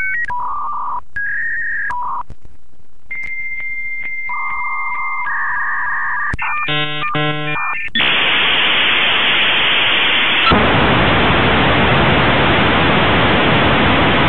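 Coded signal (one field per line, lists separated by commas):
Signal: dial-up modem handshake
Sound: dial tones and steady beeps, a warbling burst, then loud continuous hiss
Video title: Звук старого модема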